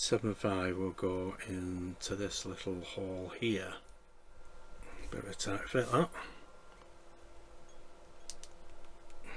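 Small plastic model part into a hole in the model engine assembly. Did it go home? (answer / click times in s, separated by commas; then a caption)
yes / 8.3 s. A small plastic model part (7-5) for the 1989 Batmobile is pushed into a small hole in the turbine engine assembly, and someone talks while fitting it, noting it fits a bit tightly. The part seats with a sharp click at 8.3 seconds, followed by a softer tick shortly after.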